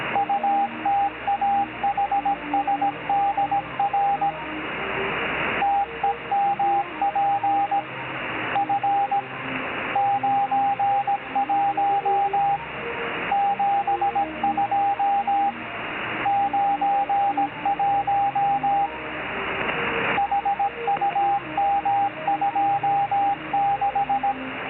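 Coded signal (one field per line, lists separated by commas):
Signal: Morse code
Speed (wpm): 17 wpm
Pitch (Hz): 800 Hz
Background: radio noise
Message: UTAHSDR TEMP F 91 72 91 HUM26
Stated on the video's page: 10 meter CW beacon sending data from an ESP8266-based temperature, humidity and line voltage monitor, heard via the Northern Utah WebSDR.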